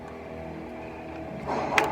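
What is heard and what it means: On a 2015 Lexus RX350, the door lock actuator cable end is pried out of its plastic retaining clip inside the door. A low, steady background hum runs through the clip, with rustling rising from about 1.5 s. One sharp pop at 1.8 s marks the cable end popping out, releasing it from the clip.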